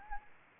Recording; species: mosquito wingbeat signal from an infrared sensor; Anopheles arabiensis